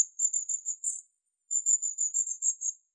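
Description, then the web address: Long-tailed tit thin, very high contact calls, a rapid run of short buzzy notes in two bursts with a brief pause between, nothing else audible. "Aegithalos caudatus"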